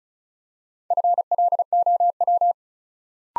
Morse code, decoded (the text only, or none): FLOW